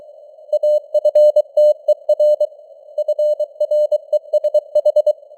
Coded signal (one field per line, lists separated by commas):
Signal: Morse code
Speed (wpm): 23 wpm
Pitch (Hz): 600 Hz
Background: none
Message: AFTER FRESH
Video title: Morse Code News | 2026-01-05 | 23wpm